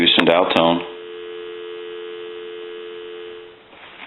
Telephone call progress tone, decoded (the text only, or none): dial tone